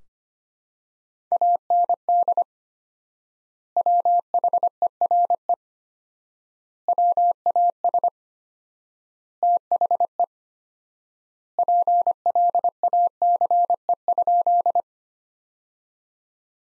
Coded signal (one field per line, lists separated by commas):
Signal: Morse code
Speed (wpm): 25 wpm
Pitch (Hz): 700 Hz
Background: none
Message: AND WHERE WAS THE PLACE?